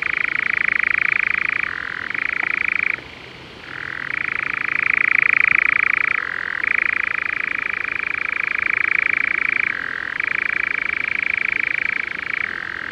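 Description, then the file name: European nightjar churring, a long mechanical rattling trill that switches between a higher and a lower pitch several times, with one short break before resuming. "European Nightjar (Caprimulgus europaeus)"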